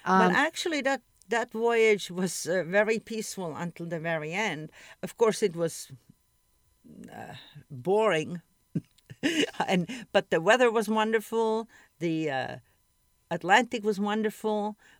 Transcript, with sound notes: But actually that -- that voyage was very peaceful until the very end. Of course it was boring (laughs) but the weather was wonderful, the Atlantic was wonderful.